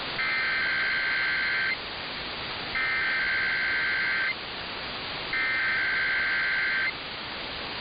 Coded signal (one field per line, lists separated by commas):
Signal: Emergency Alert System (SAME) tones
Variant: header bursts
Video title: [EAS #1804-#1806] Sunday & Monday Weekly Tests